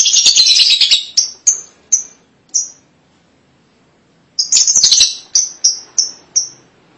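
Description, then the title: Lovebird calling with a loud harsh chattering burst followed by a few short piercing squeaks, then a second chatter and more squeaks. "Suara Burung Lovebird"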